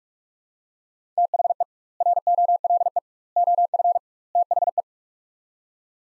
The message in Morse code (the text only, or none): THE ROLE OF THE